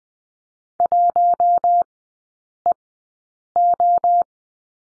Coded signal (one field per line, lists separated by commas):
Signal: Morse code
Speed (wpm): 20 wpm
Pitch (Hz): 700 Hz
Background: none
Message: 1EO